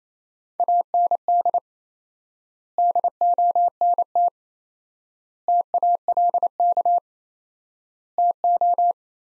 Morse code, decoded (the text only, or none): AND DONT TALK TO